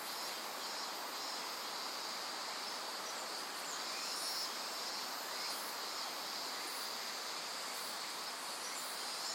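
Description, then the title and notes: Insects calling in a steady high chorus. Various insects calling in a dense forest beside the Azusa River, Shinano River system, Shinshu. "信州、川の森の音. 信濃川水系、梓川へやってきました。 川のそばには木々が生い茂る森があり、いろんな虫たちの声を聴くことができました。"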